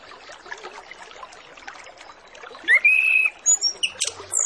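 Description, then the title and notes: Orange-headed Thrush song: after a quiet start, a rising then level whistled note, then quick sharp high notes and twitters. Full 'masteran' training track with 'isian' song phrases, used as a lure to make Orange-headed Thrushes start singing quickly and openly. "Masteran Anis Kembang Full Isian Untuk Suara Pancingan Anis Kembang Agar Cepat Ngeplong. Suara Burung Anis Kembang"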